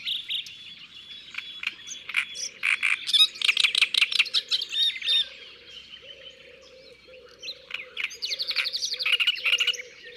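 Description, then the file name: Great reed warbler song: harsh, grating chattering phrases in bursts with short pauses, while a steady low pulsing sound runs underneath through most of it. "Rousserolle turdoide ABC des chants doiseaux"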